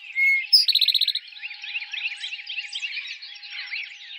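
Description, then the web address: Eastern towhee song starts things off: a steady whistle, a sharp higher note and a quick bright trill. A busy chatter of many other birds fills the rest. Recorded in 2007. "Eastern Towhee 2007 01 04 Eastern Towhee"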